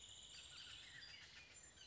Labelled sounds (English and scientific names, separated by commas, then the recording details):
Bullock's Oriole (Icterus bullockii)
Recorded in Sonoma County, California